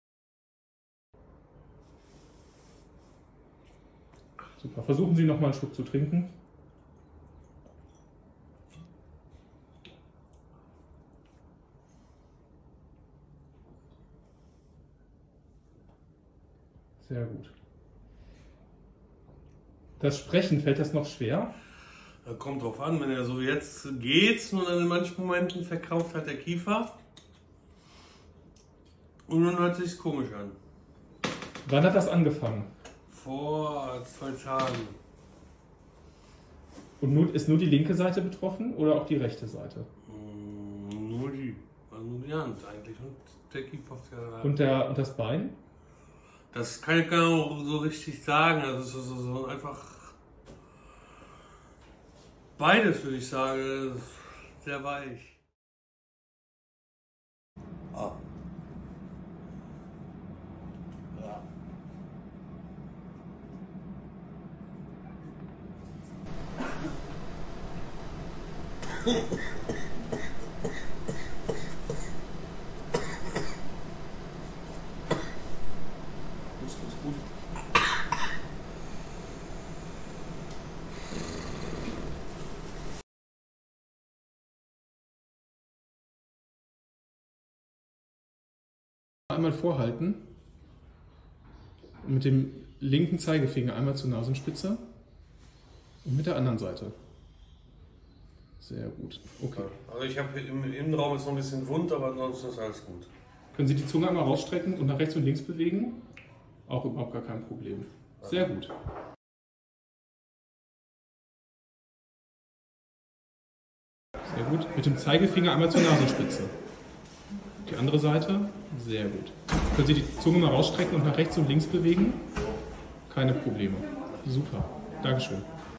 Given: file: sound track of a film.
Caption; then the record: Segment 1 shows a patient with hyperkinetic movement disorder with involuntary contraction of the masseter muscle (jaw-closing dystonia) which led to recurrent tongue and cheek biting and dysarthria. Segment 2 demonstrates notable fractionation of water swallowing with consecutive pre-deglutitive aspiration in the fiberoptic endoscopic swallowing examination (FEES) due to tongue dystonia. In Segments 3 and 4, clinical remission is observed within one to four weeks after adequate insulin therapy and treatment with tetrabenazine.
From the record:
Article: Oromandibular Dystonia and Dysphagia in Hyperglycemic Brainstem Dysfunction